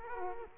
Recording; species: mosquito wingbeat signal from an infrared sensor; Culex quinquefasciatus